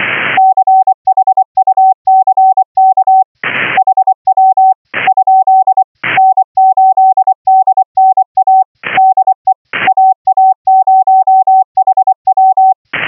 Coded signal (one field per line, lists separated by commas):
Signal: Morse code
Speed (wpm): 24 wpm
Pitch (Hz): 760 Hz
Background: none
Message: CHUCK HW ? N8DNA DE AA0HW